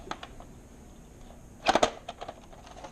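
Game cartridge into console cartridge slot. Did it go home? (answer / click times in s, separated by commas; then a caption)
yes / 1.7 s, 1.8 s. A plastic Super Mario 64 game cartridge is pushed into the top cartridge slot of a Nintendo 64 console and pressed down the rest of the way. After faint scrapes and taps near 0.1, 0.2 and 2.1 s, a tight burst of three clicks at about 1.7, 1.8 and 1.8 s marks the cartridge seating. The cartridge ends up fully seated and ready to play.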